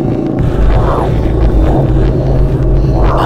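An adult's own heartbeat, heard as low, muffled rhythmic thumps.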